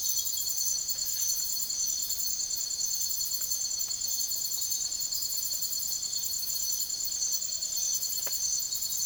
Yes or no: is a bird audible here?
no